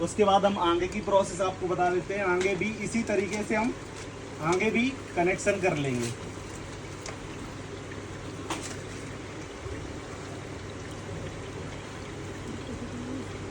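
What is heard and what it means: A fogger mist nozzle's push-fit coupling is handled against a cut section of plastic water pipe while someone talks over a low steady background hum. A brief sharp sound occurs at about 7.1 s, but nothing has seated or clicked yet.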